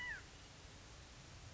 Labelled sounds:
California Quail
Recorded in Sonoma County, California

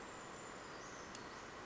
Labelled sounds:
Brown Creeper
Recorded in Sonoma County, California

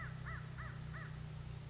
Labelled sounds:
American Crow
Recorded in Sonoma County, California

